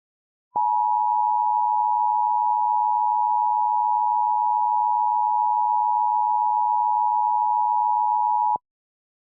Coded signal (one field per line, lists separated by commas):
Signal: Emergency Alert System (SAME) tones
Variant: 853 and 960 Hz attention tone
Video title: EAS Scenario #22: Invasions Galore, Part 3: Conclusion